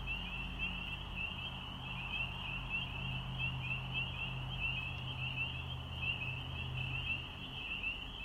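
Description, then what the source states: Spring peeper chorus: a dense, steady band of high, shrill peeps blending into a continuous trill, with a low hum underneath. Recorded on 7 April 2020.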